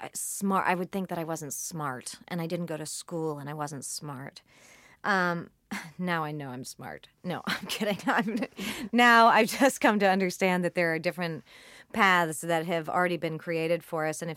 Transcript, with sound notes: I would think that I wasn't smart, and I didn't go to school, and I wasn't smart. Now I know I'm smart. No, I'm kidding (laughter). Now I've just come to understand that there are different paths that have already been created for us,